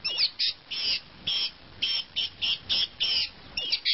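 Long-tailed shrike song of harsh, rasping notes repeated in quick succession.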